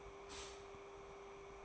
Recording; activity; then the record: daily activity, microphone in the room; stop toaster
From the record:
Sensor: 1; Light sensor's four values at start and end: 5/13/4/5 and 5/13/4/5